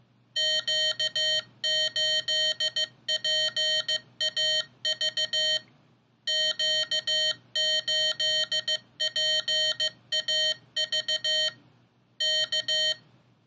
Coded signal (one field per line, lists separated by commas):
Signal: Morse code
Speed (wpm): 15 wpm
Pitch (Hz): 3100 Hz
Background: none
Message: Q8PAV Q8PAV K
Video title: Morserino32: Will it teach you CW?